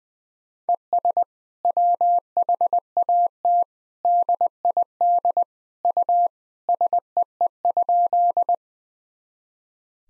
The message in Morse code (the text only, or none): ES WHAT DID U SEE?